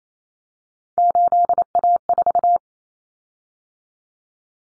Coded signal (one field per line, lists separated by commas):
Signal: Morse code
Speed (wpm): 28 wpm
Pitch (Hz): 700 Hz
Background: none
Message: 8A4